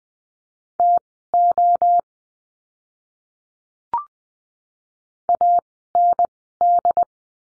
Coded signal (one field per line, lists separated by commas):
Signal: Morse code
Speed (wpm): 20 wpm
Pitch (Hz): 700 Hz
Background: none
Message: TO AND